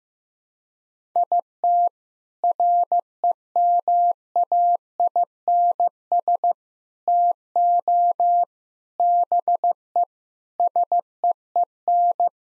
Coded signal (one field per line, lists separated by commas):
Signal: Morse code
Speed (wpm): 15 wpm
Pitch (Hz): 700 Hz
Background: none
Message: IT REMAINS TO BE SEEN